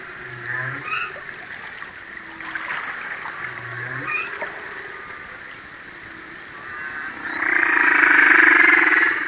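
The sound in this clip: Humpback whale song phrase: low grunting units alternate with short upswept squeaks, repeated about three seconds apart, then a louder, sustained higher-pitched sound.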